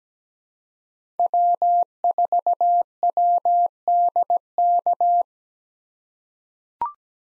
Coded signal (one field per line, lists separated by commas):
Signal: Morse code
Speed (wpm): 17 wpm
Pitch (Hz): 700 Hz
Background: none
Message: W4WDK